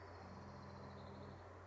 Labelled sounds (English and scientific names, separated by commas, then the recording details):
Orange-crowned Warbler (Leiothlypis celata)
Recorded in Sonoma County, California